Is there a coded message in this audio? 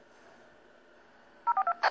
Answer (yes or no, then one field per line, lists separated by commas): yes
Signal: DTMF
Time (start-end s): 1.5-1.8 s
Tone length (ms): 80 ms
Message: 042